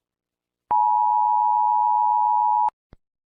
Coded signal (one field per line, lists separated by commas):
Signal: Emergency Alert System (SAME) tones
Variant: 853 and 960 Hz attention tone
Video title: DO NOT MOVE-EAS scenario